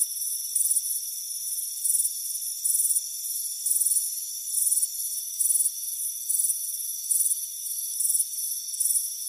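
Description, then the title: Cricket chirps arrive as crisp high bursts separated by short pauses, over a continuous high insect hum. Warm afternoon on a front porch. "Soothing Crickets Chirping Sound"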